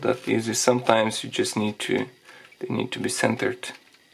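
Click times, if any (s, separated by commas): none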